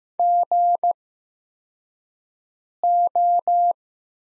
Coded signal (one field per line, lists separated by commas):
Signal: Morse code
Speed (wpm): 15 wpm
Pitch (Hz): 700 Hz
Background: none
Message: GO